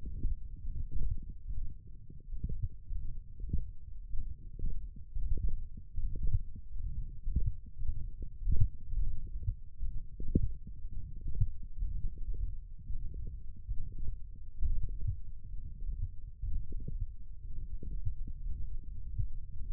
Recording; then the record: forearm muscle sounds (acoustic myography)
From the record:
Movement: radial deviation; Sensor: system 1, eight BSWA MPA416 microphones around the upper forearm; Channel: 2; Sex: male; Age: 21 years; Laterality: right